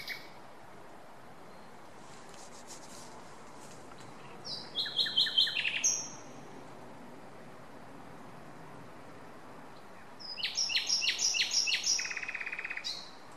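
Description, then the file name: Common nightingale with two bursts of song several seconds apart, each a rapid chatter of repeated notes, the second ending in a fast, dry trill. "Luscinia megarhynchos"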